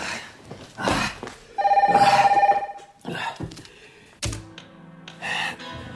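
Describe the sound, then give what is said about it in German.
A telephone rings in the middle of the night with a steady, bright tone for about a second, surrounded by clunky thumps and rattles like a receiver being fumbled and picked up. “Jetzt nimm mittel, ich hab das Phone.”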